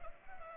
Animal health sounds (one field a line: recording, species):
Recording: mosquito wingbeat signal from an infrared sensor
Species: Culex pipiens